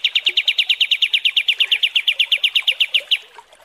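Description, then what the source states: Kapas tembak song: a steady run of many quick, clear chip notes at an even pace, then fading. Masteran (song-training) recording of kapas tembak song, described as mewah.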